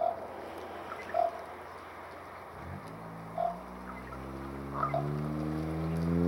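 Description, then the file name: Ravens giving short hoarse calls, three brief notes spaced a second or two apart, over a steady low engine hum that rises in pitch. Two ravens, recorded 10 March 2012. "Two Ravens Talking Mar 10 2012"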